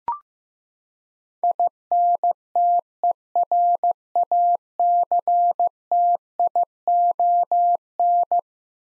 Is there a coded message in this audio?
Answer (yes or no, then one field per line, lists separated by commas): yes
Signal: Morse code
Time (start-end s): 1.4-8.4 s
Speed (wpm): 15 wpm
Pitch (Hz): 700 Hz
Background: none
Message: INTERACTION